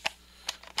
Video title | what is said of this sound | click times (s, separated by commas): New 4K Video Camera HD Digital Camcorder Demo From Colt Sebastian Taylor | see here oh there we are snapped right in | 0.8 s